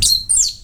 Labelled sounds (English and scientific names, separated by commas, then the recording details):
Stitchbird (Notiomystis cincta) song
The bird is a male
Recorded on Tiritiri Matangi Island, New Zealand, in 2005
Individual 21, of nest box 30